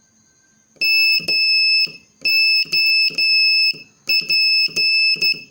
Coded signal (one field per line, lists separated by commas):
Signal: Morse code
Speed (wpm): 11 wpm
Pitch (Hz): 2600 Hz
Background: none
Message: MOP